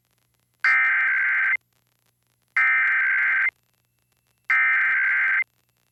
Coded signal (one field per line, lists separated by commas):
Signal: Emergency Alert System (SAME) tones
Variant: header bursts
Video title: Pennsylvania Required Monthly Tests (11/17/22)(EAS 1272-1281)